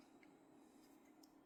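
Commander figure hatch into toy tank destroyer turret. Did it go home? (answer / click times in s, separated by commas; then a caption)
no / none. The commander figure and hatch of a 1974 Corgi Toys SU-100 Russian Tank Destroyer, a die-cast toy tank, are being handled over its turret during a repair, ready to be pushed down until they latch. Only quiet handling is heard, with two faint, brief ticks around 0.2 and 1.2 seconds. Nothing has seated or clicked into place yet.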